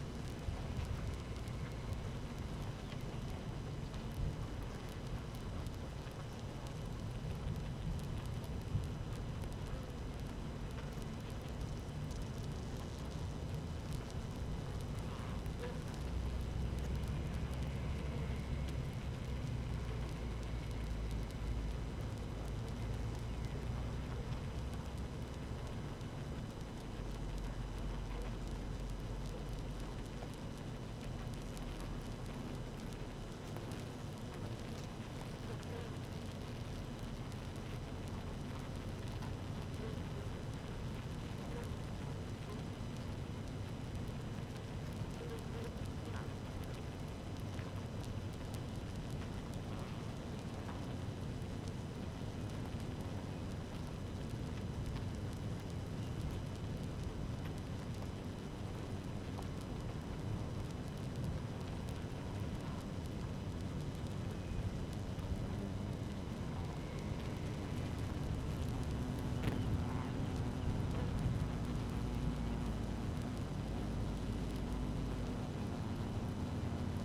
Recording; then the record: honeybee colony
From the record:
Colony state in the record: active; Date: 12 June 2018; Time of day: 13:31